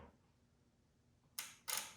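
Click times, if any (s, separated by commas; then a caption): 1.4 s. During an electro-etching setup, the negative lead's clip is attached to the copper plate cathode. A sharp, bright click at 1.4 s is followed by a second broadband burst at about 1.7 s over a quiet background. The clip seats and makes electrical contact.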